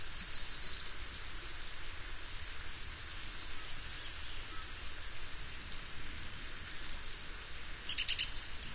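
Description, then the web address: California towhee song: scattered high chip notes, then a quickening series ending in a short, harsher burst, over steady background hiss. "Songs of Birds of North America Know Your Bird Sounds Common Western Species. California Towhee"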